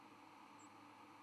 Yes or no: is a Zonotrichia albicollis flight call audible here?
no